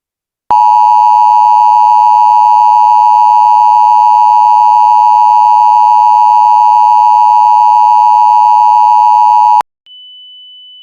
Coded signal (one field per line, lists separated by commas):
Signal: Emergency Alert System (SAME) tones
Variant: 853 and 960 Hz attention tone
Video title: Eas Scenario 1: The Dog (Part 1)